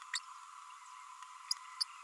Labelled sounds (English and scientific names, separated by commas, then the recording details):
Green-rumped Parrotlet (Forpus passerinus) babbling
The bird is a male
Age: 33 days
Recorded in a nest box in Venezuela
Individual 17B32A6